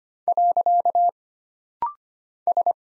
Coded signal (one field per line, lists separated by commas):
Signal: Morse code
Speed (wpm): 25 wpm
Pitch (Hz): 700 Hz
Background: none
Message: . S